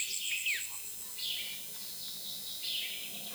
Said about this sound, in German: Die Vögel lieblicher zwitschern.